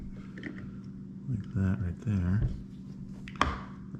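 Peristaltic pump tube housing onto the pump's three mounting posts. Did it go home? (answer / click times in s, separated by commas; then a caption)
yes / 3.4 s. A plastic tube/roller housing of a peristaltic pump is fitted over the pump's three mounting posts and twisted a little until it locks, while someone talks. A sharp click at 3.4 s marks the housing turning into place, and it is fully seated.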